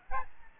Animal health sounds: mosquito wingbeat signal from an infrared sensor; Aedes albopictus

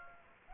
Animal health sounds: mosquito wingbeat signal from an infrared sensor; Aedes aegypti

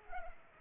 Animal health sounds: mosquito wingbeat signal from an infrared sensor; Culex pipiens

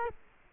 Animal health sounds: mosquito wingbeat signal from an infrared sensor; Culex quinquefasciatus

